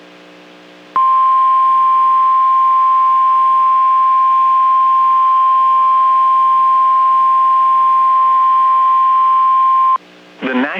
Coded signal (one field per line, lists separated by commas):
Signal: Emergency Alert System (SAME) tones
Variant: 1050 Hz attention tone